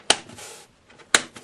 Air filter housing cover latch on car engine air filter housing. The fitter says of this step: we snap into place.